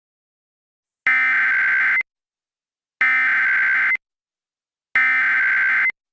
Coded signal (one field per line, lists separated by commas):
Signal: Emergency Alert System (SAME) tones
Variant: header bursts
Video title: Forty-Seven Returns: An EAS Scenario